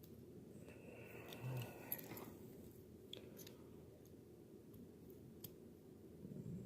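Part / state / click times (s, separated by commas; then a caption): spring cap onto lock cylinder housing / not seated / none. While rekeying a lock, a metal spring cap is lined up over the pin springs on the lock cylinder housing and pushed down with equal force. Only small handling ticks are heard over a low hum, with the sharpest at about 1.9, 3.1 and 5.5 s. The cap does not snap down, and nothing has seated or clicked yet.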